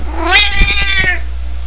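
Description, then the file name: Cat giving a single drawn-out harmonic meow lasting about a second, rising then falling slightly, loud and clear. "brucecat"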